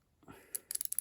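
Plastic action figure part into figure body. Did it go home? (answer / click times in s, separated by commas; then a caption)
no / none. A plastic crash dummy action figure's body part is handled and fitted toward the figure body. Faint rustling is followed by a quick series of small, sharp plastic ticks. Nothing has seated or clicked into place yet.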